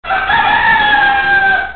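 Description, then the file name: Rooster crowing: one loud, sustained, harmonic-rich crow held steadily for almost two seconds, fading slightly at the end. "rooster"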